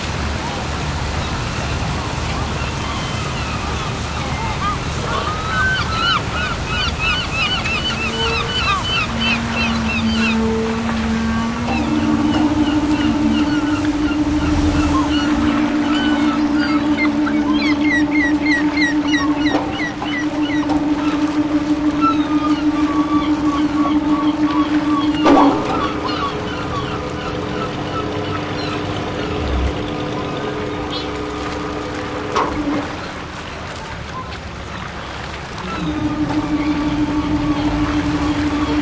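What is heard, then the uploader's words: Fishing boats idle at a dock, a steady low engine hum running throughout with a droning whine that comes in around twelve seconds and holds. A thump lands near twenty-five seconds, and bird calls, likely seagulls, chatter faintly above the rumble. Dock With Fishing Boats & Seagulls.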